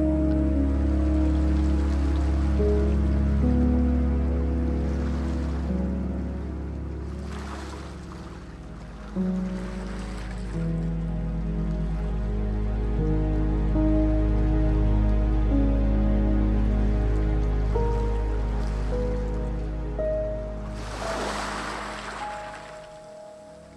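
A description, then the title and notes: Gentle piano plays slow, sustained chords over a deep, steady low drone, the notes shifting every few seconds. Soft ocean washes hiss in over the music near 5, 8 and 10 seconds, with a fuller surge around 21 seconds before everything fades slightly. Piano Gentle Ocean sounds.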